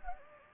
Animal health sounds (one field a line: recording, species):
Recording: mosquito wingbeat signal from an infrared sensor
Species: Anopheles gambiae